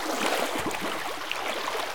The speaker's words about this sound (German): Sagen Sie, läuft da bei Ihnen irgendwo Wasser?